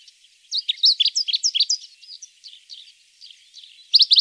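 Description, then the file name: Dusky warbler song: a loose run of quick, varied high chirping notes, then a short, fast, loud trill of repeated notes at the end. "Penochka buraja"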